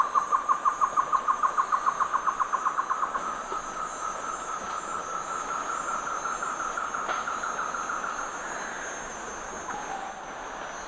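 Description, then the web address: Great antshrike: a rapid series of mellow hooting notes, quick at first and then fading into a softer, drawn-out tone, over a steady high-pitched hum. Duet; eastern lowlands of South America. "Natures Songs S America Eastern Lowlands. Taraba major, duet"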